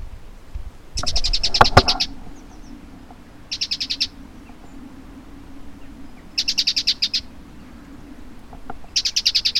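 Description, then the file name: Great tit calls: four bursts of rapid, buzzy ticking chatter, each about a second or less, spaced a few seconds apart, with a loud thump near the start. "Parus major"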